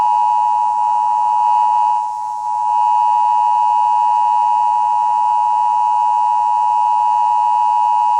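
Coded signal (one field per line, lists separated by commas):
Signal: Emergency Alert System (SAME) tones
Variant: 853 and 960 Hz attention tone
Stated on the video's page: EAS alert test aired on a CBS broadcast television station in South Bend, Indiana.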